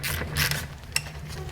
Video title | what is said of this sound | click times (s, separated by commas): How to install: JBI Titanium Pro Perch KYB | Awesome, so we heard that clicking sound. This is ready to be disconnected. | 1.0 s